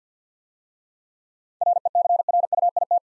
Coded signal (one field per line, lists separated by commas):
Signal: Morse code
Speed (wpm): 50 wpm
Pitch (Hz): 700 Hz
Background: none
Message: RECRUIT